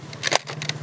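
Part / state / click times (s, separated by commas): front attachment into toy blaster body / seated / 0.3 s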